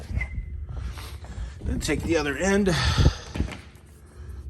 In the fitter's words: to plug this into number one because i'm going to set it up with my mic so push it in until you hear a click then